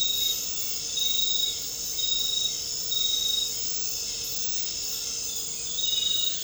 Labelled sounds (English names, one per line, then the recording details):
none
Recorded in dense forest near Puerto Asís, Putumayo, Colombia, on 9 March 2025 at 22:30
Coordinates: 0.467, -76.328
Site G041